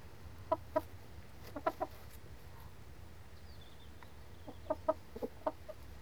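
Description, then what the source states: Chickens clucking: short throaty clucks in quick clusters of two or three, a pause, then another burst, over a low background hum. Cockerel and hens scratching.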